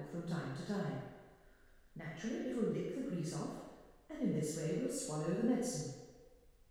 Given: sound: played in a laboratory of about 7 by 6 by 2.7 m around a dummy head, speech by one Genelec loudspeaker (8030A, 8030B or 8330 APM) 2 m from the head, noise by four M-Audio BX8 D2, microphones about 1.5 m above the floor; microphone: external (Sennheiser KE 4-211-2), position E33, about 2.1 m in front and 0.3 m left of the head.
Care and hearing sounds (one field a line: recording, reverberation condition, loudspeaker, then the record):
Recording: female speech in English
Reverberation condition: high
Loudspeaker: 30 degrees to the right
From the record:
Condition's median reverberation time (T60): about 1300 ms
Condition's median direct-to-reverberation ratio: about -4.0 dB